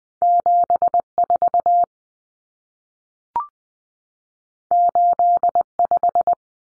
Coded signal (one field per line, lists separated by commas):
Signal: Morse code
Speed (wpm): 20 wpm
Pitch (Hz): 700 Hz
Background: none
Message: 74 85